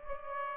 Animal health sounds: mosquito wingbeat signal from an infrared sensor; Aedes aegypti

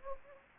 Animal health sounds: mosquito wingbeat signal from an infrared sensor; Anopheles gambiae

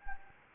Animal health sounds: mosquito wingbeat signal from an infrared sensor; Anopheles gambiae

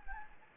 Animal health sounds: mosquito wingbeat signal from an infrared sensor; Anopheles gambiae

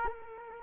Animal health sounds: mosquito wingbeat signal from an infrared sensor; Culex quinquefasciatus

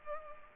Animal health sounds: mosquito wingbeat signal from an infrared sensor; Culex pipiens

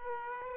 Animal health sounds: mosquito wingbeat signal from an infrared sensor; Aedes aegypti

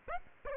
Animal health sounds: mosquito wingbeat signal from an infrared sensor; Aedes aegypti

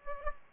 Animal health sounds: mosquito wingbeat signal from an infrared sensor; Aedes aegypti

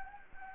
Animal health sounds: mosquito wingbeat signal from an infrared sensor; Anopheles gambiae

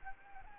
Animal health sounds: mosquito wingbeat signal from an infrared sensor; Anopheles arabiensis

